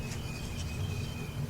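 An ignition coil boot is being handled over a spark plug on a Chrysler PT Cruiser, Sebring, Dodge Caravan or Jeep Liberty engine, to be pushed down until its connector snaps onto the plug terminal. Only a steady low rumble and faint high, thin chirping tones are heard, with no sharp transients. Nothing has seated or clicked yet.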